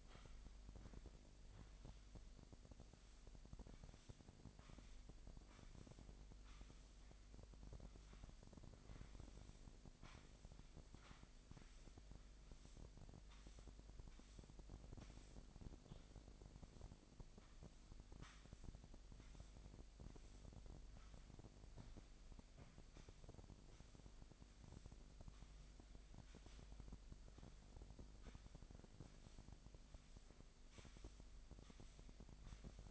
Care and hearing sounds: daily activity, microphone in the room; sweep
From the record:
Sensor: 5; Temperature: 25.1 degrees Celsius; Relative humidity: 39.7%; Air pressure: 1001.7 hPa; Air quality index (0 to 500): 181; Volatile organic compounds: 12 ppm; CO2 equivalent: 2326 ppm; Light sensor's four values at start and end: 29/97/36/38 and 28/96/36/38

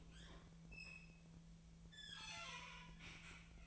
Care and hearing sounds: daily activity, microphone in the room; open fridge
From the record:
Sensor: 1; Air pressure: 1009.7 hPa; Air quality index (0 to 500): 193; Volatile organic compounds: 19 ppm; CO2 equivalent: 2644 ppm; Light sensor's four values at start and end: 30/75/31/38 and 30/77/32/38

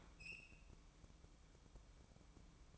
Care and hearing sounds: daily activity, microphone in the room; open fridge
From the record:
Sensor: 1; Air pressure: 1007.8 hPa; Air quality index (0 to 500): 98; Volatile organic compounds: 1 ppm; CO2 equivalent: 838 ppm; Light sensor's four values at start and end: 13/30/12/14 and 13/30/12/14

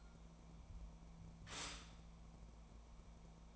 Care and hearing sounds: daily activity, microphone in the room; stop toaster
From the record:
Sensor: 1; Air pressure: 1000.3 hPa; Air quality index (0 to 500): 157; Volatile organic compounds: 3 ppm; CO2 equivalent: 1471 ppm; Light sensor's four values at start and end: 29/72/30/36 and 29/73/31/36

